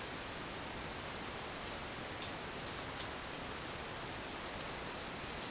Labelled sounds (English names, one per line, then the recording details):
none
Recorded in dense forest near Puerto Asís, Putumayo, Colombia, on 29 June 2025 at 14:00
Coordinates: 0.484, -76.317
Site G045